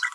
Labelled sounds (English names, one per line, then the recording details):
Green-rumped Parrotlet babbling
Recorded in a nest box in Venezuela
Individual 18B25A4